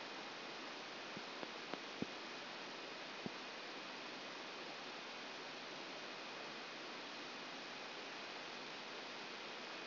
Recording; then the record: brain microelectrode recording played as sound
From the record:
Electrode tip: outside the subthalamic nucleus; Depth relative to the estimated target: -4 mm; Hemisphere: left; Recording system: AlphaMap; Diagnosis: Parkinson's disease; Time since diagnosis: 10 years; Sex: female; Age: 63 years